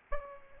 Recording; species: mosquito wingbeat signal from an infrared sensor; Aedes albopictus